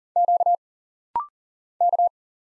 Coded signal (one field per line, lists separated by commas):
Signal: Morse code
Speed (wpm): 39 wpm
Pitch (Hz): 700 Hz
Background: none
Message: Q K